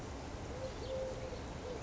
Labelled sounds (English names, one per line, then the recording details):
Eurasian Collared Dove
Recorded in Sonoma County, California